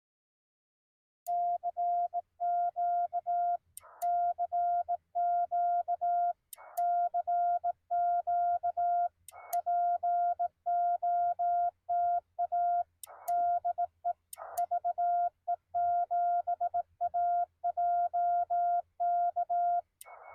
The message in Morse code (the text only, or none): CQ CQ CQ POTA DE VE7AJK